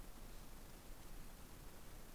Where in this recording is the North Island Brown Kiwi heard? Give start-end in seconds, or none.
none